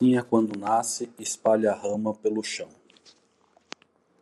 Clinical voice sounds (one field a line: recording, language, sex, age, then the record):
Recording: short text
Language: Brazilian Portuguese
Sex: male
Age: 50 to 59 years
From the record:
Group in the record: control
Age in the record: 53 years